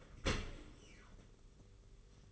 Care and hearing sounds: daily activity, microphone in the room; open dishwasher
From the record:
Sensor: 4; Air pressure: 991.3 hPa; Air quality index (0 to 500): 156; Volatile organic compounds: 118 ppm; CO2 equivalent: 3863 ppm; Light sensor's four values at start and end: 22/73/27/28 and 22/72/27/27

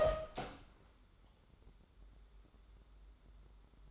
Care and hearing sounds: daily activity, microphone in the room; open door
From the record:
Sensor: 3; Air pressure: 1015.1 hPa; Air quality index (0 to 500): 181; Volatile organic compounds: 18 ppm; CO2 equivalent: 2604 ppm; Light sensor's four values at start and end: 16/40/16/17 and 16/40/16/17

